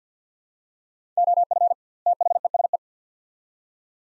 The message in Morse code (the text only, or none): OF THESE